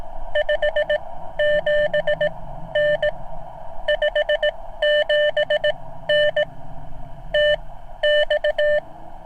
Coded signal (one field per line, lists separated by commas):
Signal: Morse code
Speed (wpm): 18 wpm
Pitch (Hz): 600 Hz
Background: none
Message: 57N 57N TX